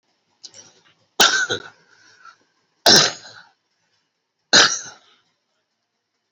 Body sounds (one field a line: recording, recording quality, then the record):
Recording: shallow voluntary cough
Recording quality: excellent, no background noise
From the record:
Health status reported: COVID-19 positive, mild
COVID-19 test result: positive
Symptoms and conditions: cough, cold, fever, hypertension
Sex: male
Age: 42 years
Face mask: not worn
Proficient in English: yes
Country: India